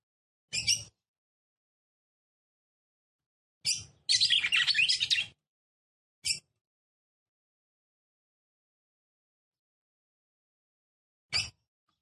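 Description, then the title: Red-cowled cardinal song: isolated high, sharp chirps spaced seconds apart, with one fast buzzy chattering burst among them. Female song, described as excited, used to stir up and provoke male red-cowled cardinals. "CANTO DA FÊ MEA GALO CAMPINA FOGOSA LEVANTA FOGOESQUENTA GALO CAMPINA MACHO RAPIDINHO FÊ MEA NERVOSA"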